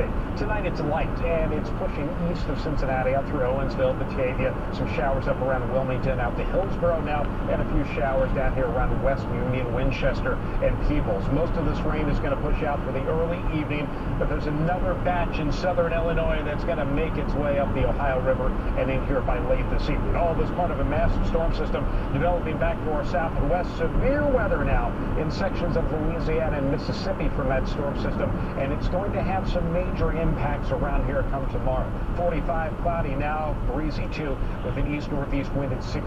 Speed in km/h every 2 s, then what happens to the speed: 74, 74, 74, 74, 74, 74, 76, 76, 77, 77, 76, 74, 74, 71, 68, 64, 63, 61.
0-24 steady at about 74. 24-31 slows to 63.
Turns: none.